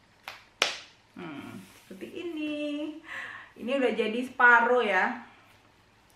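A plastic hula hoop segment is pressed into the adjoining segment. A small tick at 0.3 s is followed by a loud snap at 0.6 s as it seats, leaving the hoop half assembled. Someone then talks.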